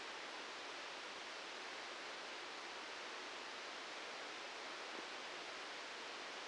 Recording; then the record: brain microelectrode recording played as sound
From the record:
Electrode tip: outside the subthalamic nucleus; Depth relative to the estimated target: 3 mm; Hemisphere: left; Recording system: NeuroSet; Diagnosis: Parkinson's disease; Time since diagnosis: 8 years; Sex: male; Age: 58 years